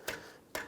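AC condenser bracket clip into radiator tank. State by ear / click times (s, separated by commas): seated / 0.6 s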